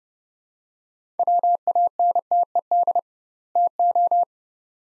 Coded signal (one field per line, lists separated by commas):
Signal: Morse code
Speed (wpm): 29 wpm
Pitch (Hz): 700 Hz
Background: none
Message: WANTED TO